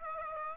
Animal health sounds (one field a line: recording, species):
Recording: mosquito wingbeat signal from an infrared sensor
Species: Aedes aegypti